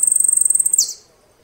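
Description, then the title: Saffron finch trill: a fast, even run of high buzzy notes for under a second, ending in a downward slur, then quiet. "Jilguero Argentino"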